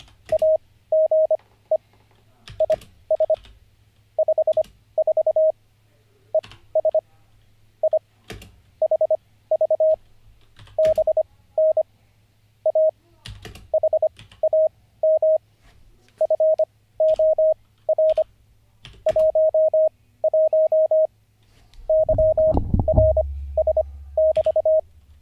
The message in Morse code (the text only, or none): AGE IS 54 ES I HV BN A HAM FOR 11 YRS<BT>